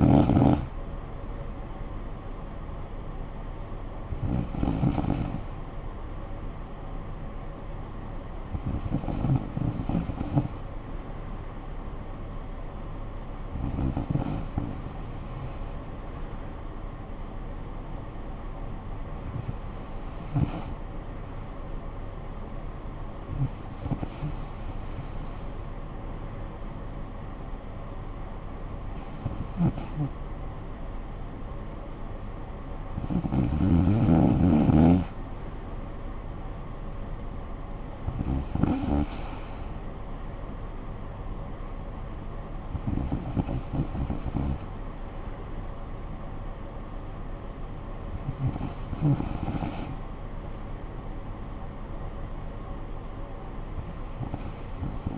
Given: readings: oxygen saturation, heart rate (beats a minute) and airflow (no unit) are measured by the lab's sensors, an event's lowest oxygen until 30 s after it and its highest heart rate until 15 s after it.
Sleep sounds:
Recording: breathing in sleep by a smartphone at the bedside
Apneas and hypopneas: none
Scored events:
none scored
From the record:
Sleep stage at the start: N2 (light sleep)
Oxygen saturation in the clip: 94 to 95%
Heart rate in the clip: 49 to 59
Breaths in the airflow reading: 11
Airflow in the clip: -10.2 to 6.1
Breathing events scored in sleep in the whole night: 445 in 7.6 hours asleep

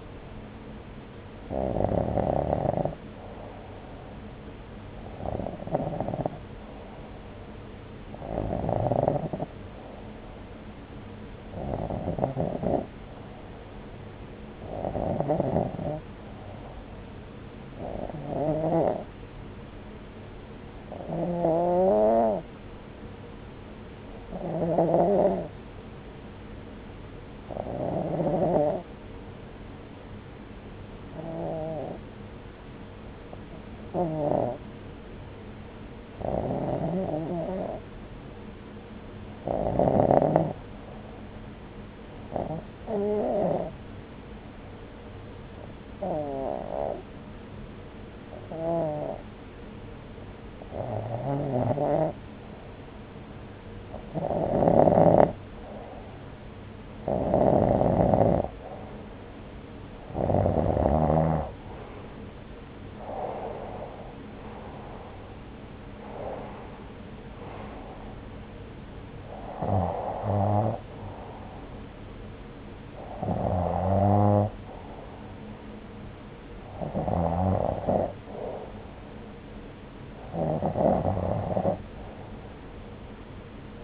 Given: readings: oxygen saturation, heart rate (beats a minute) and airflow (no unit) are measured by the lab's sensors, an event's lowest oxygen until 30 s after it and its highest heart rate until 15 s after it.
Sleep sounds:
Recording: breathing in sleep by a voice recorder at the bedside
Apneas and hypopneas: none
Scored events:
none scored
From the record:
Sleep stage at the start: REM sleep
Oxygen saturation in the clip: 91 to 93%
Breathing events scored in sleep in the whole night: 303 in 8.1 hours asleep

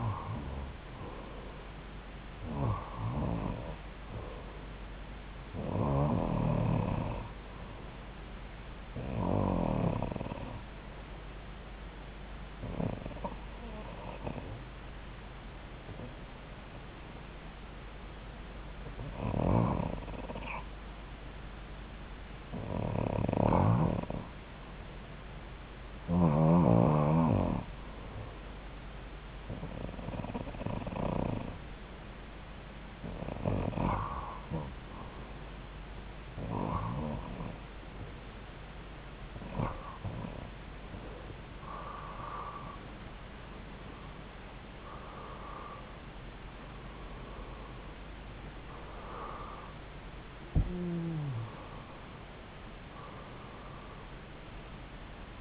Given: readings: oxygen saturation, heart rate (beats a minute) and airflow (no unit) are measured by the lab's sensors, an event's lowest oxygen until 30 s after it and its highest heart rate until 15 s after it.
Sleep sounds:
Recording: breathing in sleep by a voice recorder at the bedside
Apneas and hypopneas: 1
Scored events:
11.00-27.20 s: hypopnea (REM, oxygen 92% highest, then 89% lowest)
From the record:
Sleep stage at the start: REM sleep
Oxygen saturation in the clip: 84 to 92%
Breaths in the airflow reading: 16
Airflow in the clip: -6.1 to 7.2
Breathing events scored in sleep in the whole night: 270 in 6.1 hours asleep

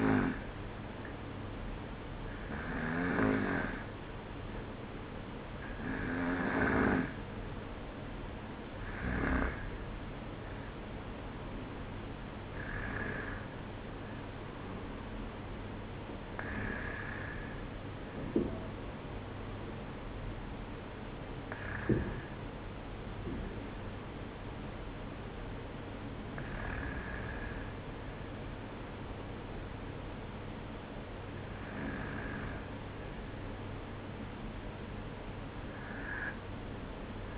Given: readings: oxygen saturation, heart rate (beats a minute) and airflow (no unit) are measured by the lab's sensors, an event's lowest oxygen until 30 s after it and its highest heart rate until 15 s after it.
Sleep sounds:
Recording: breathing in sleep by a voice recorder at the bedside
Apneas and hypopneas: none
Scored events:
none scored
From the record:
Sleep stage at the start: N2 (light sleep)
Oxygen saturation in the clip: 93 to 95%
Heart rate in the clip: 52 to 60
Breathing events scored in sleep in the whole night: 305 in 9.6 hours asleep

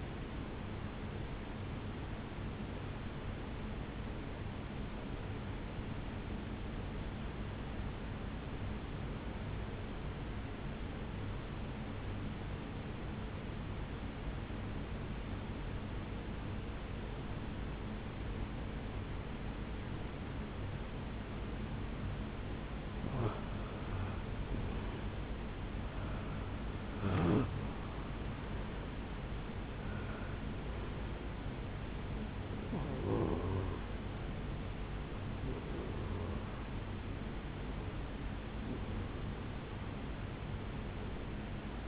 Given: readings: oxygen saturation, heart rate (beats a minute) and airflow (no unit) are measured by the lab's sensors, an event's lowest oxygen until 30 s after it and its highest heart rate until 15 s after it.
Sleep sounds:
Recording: breathing in sleep by a voice recorder at the bedside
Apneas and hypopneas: 1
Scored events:
7.00-23.20 s: obstructive apnea (N2, oxygen 93% highest, then 87% lowest, heart rate 65 at the start, 76 highest)
27.00-41.88 s: new sleep stage, REM sleep
From the record:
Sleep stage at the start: N2 (light sleep)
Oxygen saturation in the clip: 87 to 93%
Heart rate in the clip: 62 to 76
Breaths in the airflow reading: 5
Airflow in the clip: -9.2 to 6.9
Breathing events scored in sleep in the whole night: 449 in 7.0 hours asleep

